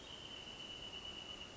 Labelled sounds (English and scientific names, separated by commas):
Wrentit (Chamaea fasciata)